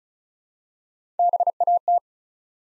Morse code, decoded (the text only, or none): BAT